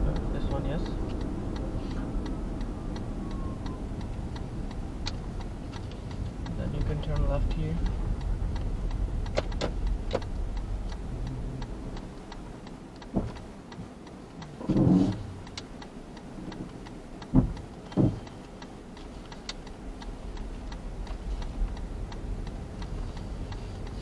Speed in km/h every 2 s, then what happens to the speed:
37, 30, 21, 15, 11, 0, 0, 0, 0, 0, 0, 9.
0-11 slows to 0. 11-21 standing. 21-24 pulls away to 9.